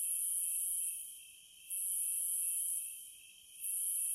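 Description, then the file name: Cicada song: hissing high buzz holding for about a second, dropping, then resuming, twice, over a continuous lower whine. "Zvuki prirody Cikady"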